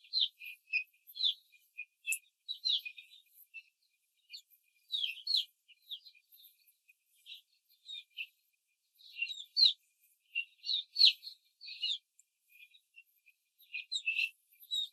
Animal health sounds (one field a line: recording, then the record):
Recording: young laying hens in a cage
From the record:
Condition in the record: control cage, after the stress test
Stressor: none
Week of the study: 4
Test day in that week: 1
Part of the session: 3